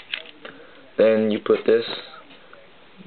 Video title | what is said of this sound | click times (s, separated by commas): How to take apart and put back together a xbox 360 controller | and make sure you hear a clicking sound like that | 0.1 s